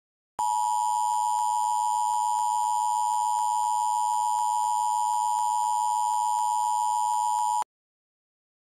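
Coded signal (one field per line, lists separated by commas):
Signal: Emergency Alert System (SAME) tones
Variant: 853 and 960 Hz attention tone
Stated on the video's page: Mock-up Tornado Watch alert, not a real broadcast.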